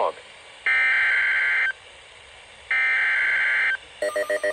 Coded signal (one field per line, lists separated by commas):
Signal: Emergency Alert System (SAME) tones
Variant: header bursts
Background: speech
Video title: EAS #3546-3550 Severe Thunderstorm Warning